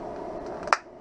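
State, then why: Seated. An edged Transitions XTRActive Green prescription lens with Crizal Easy coating is tucked into the outside corners of a matte black acetate Ray-Ban 2140 sunglass frame, then pushed down at the nose. Over a steady low background noise, a single sharp snap is heard at 0.7 s as the lens seats in the frame.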